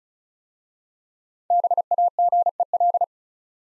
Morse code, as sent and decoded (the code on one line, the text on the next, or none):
-... .- --. . .-..
BAGEL